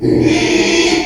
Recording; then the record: squeal of a Yucatan mini pig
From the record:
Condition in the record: after surgery on the right vocal fold (resection and tissue-engineered implant); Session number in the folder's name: 2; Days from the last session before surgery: 13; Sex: male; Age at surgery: 12 weeks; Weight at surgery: 13 kg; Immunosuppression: cyclosporine, prednisolone